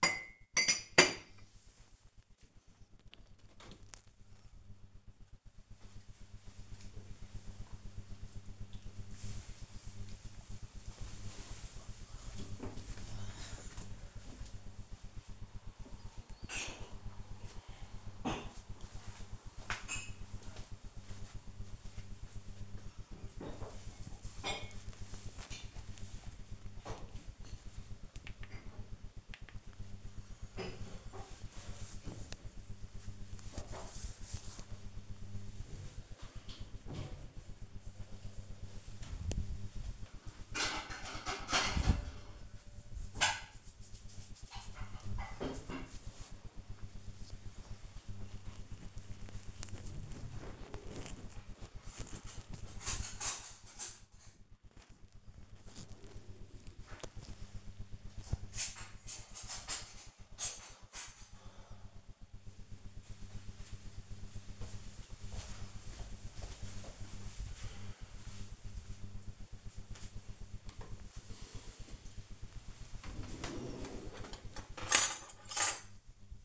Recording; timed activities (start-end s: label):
household activities, microphone on the right wrist
0.00-2.82 s: putting away the dishes
70.20-76.45 s: putting away the dishes